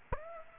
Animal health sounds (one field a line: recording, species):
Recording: mosquito wingbeat signal from an infrared sensor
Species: Aedes aegypti